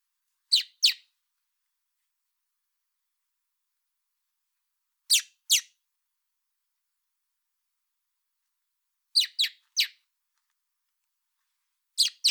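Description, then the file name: Common blackbird sharp calls, short clicks in quick groups of two or three, four groups in about twelve seconds, with silence between. "Turdus merula"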